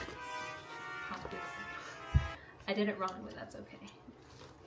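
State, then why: Not seated. While building a prosthetic socket, a small screw or pin on a fabric socket sleeve is being fitted toward the groove of the socket after a first wrong try. Someone talks over music, with a short low thump near 2.1 s. Nothing has seated or clicked into place yet.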